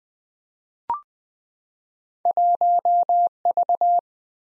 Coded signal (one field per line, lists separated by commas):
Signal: Morse code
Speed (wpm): 20 wpm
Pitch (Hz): 700 Hz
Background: none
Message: 1V